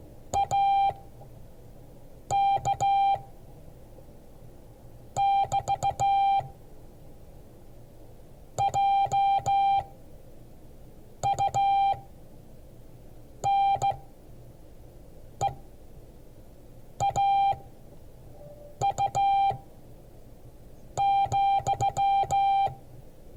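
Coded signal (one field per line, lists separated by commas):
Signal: Morse code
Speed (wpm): 15 wpm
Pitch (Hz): 790 Hz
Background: music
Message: AK <BT> JUNEAU,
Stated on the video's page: Morse code class.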